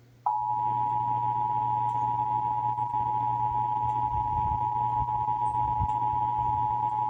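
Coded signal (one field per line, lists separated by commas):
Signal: Emergency Alert System (SAME) tones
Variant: 853 and 960 Hz attention tone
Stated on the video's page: Required monthly test as heard on radio and TV stations.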